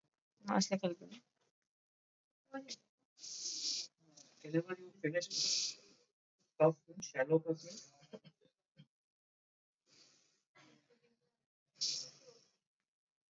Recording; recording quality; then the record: shallow breathing; excellent, no background noise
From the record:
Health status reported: COVID-19 positive, mild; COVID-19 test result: positive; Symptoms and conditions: none ticked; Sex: female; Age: 37 years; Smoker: not ticked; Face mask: worn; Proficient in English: yes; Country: India